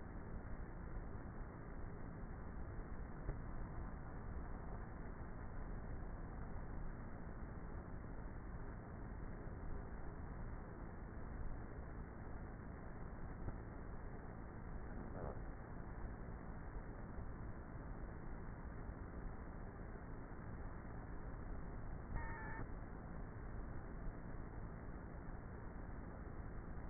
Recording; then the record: honeybee colony, microphone inside the hive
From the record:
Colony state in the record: queenless with a low population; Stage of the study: before two queens were removed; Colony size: about 30,000 bees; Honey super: no